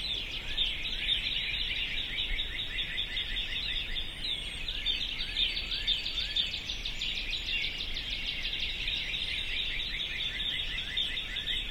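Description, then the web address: Birds chatter densely: rapid, overlapping chirps within a continuous high twittering chorus. "sounds djk sounds birds 0645 040905"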